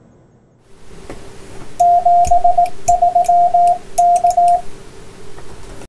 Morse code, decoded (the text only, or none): 73K